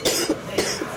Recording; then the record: coughing mixed with background sound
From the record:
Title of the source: 55 gaggy wet cough